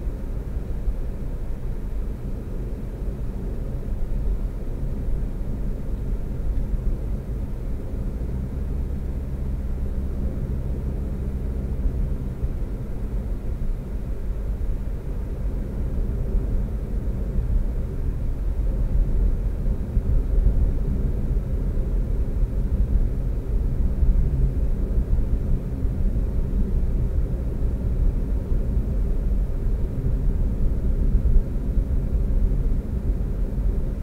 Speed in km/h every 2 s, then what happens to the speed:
66, 63, 63, 64, 66, 69, 68, 66, 63, 61, 60, 58, 56, 60, 60, 58, 56.
0-5 steady at about 63. 5-11 speeds up to 69. 11-23 slows to 56. 23-34 steady at about 58.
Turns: none.